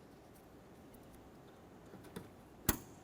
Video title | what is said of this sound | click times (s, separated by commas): How to Replace Driver Side Mirror 2004-2006 Scion xB | Connect in your wiring harness. Listen for a click, give it a tug to make sure it's secure. | 2.7 s